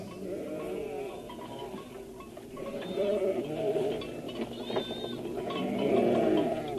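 A flock of sheep bleats in overlapping, wavering calls, many voices layering into a continuous chorus that swells louder toward the end, with occasional higher-pitched cries standing out.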